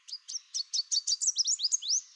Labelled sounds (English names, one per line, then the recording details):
Chestnut-capped Warbler song
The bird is a male
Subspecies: delattrii
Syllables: 12
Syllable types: 9
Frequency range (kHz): 3.0-8.0 kHz
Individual CR-RBS-M